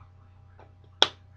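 A plastic lid is pressed shut onto a Grizzly tobacco dip can, with a faint rustle at 0.6 s over a steady low hum. A sharp, bright snap follows at 1.0 s, the sign that the lid is fully closed.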